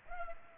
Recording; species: mosquito wingbeat signal from an infrared sensor; Culex pipiens